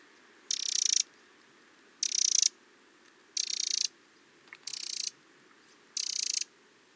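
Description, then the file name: Eurasian wren churring in short scratchy rattles, five bursts in seven seconds, fairly evenly spaced. "Troglodytes troglodytes"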